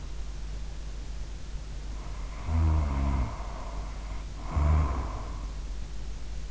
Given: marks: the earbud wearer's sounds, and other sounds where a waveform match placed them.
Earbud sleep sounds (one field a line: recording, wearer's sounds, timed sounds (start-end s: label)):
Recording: sounds in sleep by an in-ear microphone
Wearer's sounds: snoring breath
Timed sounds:
2.16-5.58 s: snoring breath